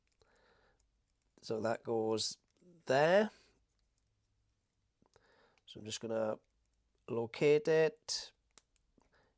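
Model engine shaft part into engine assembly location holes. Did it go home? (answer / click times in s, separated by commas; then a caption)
yes / 8.6 s. Someone talks while a shaft part with two lugs is pushed into the location holes on the engine assembly of a Lancaster Bomber B.III scale model aircraft. A short, sharp click is heard at 8.6 s as the part seats in place.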